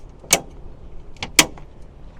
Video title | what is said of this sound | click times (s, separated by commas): DIY Ford Maverick Mod - xipoqix Folding Bed Extender & Table - Unboxing Install Tutorial & Review | got to press these hinges until they click | 1.4 s